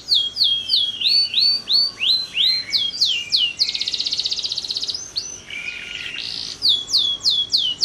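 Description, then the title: Canary singing a run of repeated falling whistles, then a dense buzzy trill, a rougher churr, and more sweeping notes. Kalitan-type canary singing actively (gacor) with long song phrases (suara panjang). "Kenari Kalitan Gacor Suara Panjang"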